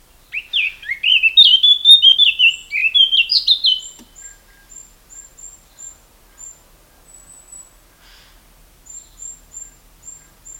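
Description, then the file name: Eurasian blackcap song: a rich, fluty warble of rising and falling phrases lasting about three seconds, followed by thin, high, repeated notes. "Sylvia atricapilla"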